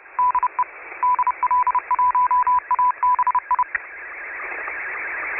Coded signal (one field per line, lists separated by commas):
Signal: Morse code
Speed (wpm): 30 wpm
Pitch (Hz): 1000 Hz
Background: radio noise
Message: DE DL1ABI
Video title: SSTV RX062722